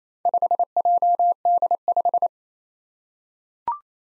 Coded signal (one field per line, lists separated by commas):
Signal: Morse code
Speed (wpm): 28 wpm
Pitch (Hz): 700 Hz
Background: none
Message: 5JD5